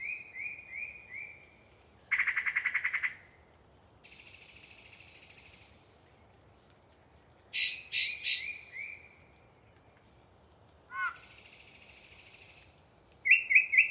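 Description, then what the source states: Yellow-breasted chat song: varied phrases of piping notes, a harsh rattling chatter, buzzy sustained notes, quick clucks and high squeaks in an irregular sequence. Pre-dawn, a particularly chatty bird giving a long soliloquy from deciduous cover.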